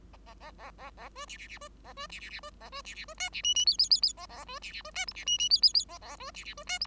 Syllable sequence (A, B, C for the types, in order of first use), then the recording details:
A A A A A A B C C C B A B C C C B A B C C B D C E E F F F F A A B C C B D G C E E F F F A A B C C B D G. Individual Bird5